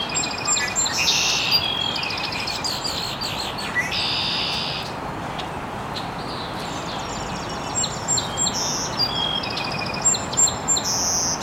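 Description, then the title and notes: Birds chirping, several overlapping high calls with a couple of buzzy rattling bursts, against a continuous hiss of ambient noise. Birds chirping very early in the morning in an estuary. "Birds Chirping in the Early Morning. Original sounds of birds chirping very early in the morning in an estuary"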